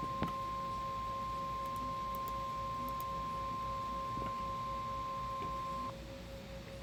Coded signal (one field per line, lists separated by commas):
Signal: Emergency Alert System (SAME) tones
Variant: 1050 Hz attention tone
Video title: Radio EAS 23 - SVR 29